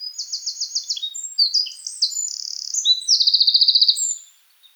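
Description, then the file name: Eurasian wren delivering an energetic, very high song: a rattling series of quick notes, jumbled warbles, then a fast buzzy trill, ending sharply after about four seconds. "Troglodytes troglodytes"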